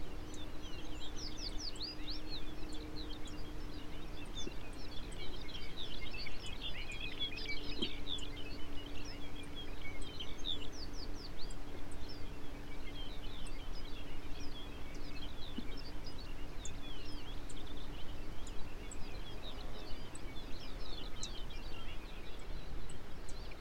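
Many birds call over a steady low hum, with quick bright chirps and trills scattered throughout and a faint low drone that comes and goes.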